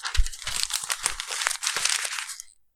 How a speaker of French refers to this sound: Tu veux que je fasse le bruit de papier? Ah ouais, grave. Attends, je peux le faire si tu veux. Vas-y, c'est bon.